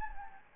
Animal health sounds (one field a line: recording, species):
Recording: mosquito wingbeat signal from an infrared sensor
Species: Anopheles gambiae